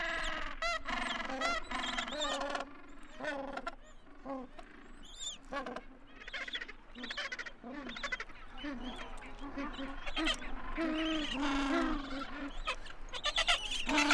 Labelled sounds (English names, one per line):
Gentoo Penguin call